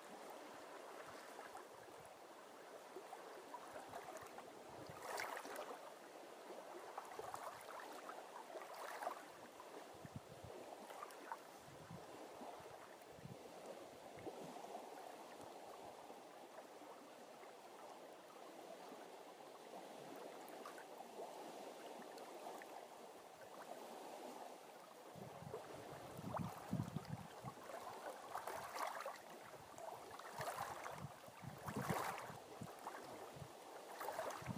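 Lake water laps and splashes in an irregular, steady wash, with sharper slaps around 5, 26 and 32 seconds, possibly from a small boat.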